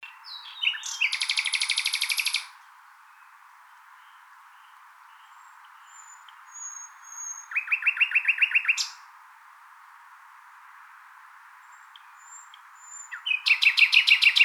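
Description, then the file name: Common nightingale song with three phrases, each a loud rapid rattling trill, separated by pauses with faint thin whistles. "Luscinia megarhynchos"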